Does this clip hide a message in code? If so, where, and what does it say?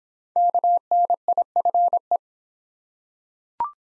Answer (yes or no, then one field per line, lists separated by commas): yes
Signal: Morse code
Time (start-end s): 0.4-2.2 s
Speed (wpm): 26 wpm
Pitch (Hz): 700 Hz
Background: none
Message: KNIFE